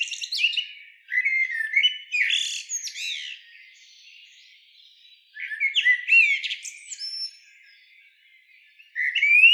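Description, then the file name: Common blackbird sounds: bursts of high chirping and rising squeaky notes separated by quiet gaps of a few seconds. "Turdus merula"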